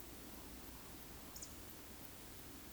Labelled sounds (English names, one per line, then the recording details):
Eurasian Woodcock whistle
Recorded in Baden-Württemberg, Germany, on 13 June 2021 at 20:19 UTC
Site 23718, 552 m above sea level